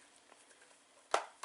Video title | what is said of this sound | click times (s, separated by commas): O-Cedar Mop Review | Look, you can hear it kind of click | 1.1 s